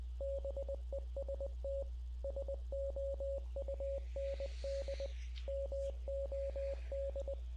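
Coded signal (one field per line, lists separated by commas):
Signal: Morse code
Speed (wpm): 20 wpm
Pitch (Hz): 550 Hz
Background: none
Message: BEST SOUND MOD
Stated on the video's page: Morse heard in a War Thunder game dev-server stream.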